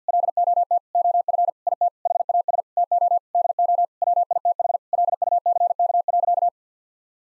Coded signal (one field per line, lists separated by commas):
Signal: Morse code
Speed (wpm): 50 wpm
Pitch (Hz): 700 Hz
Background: none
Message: LOT OF IT HAS TO DO WITH LUCK.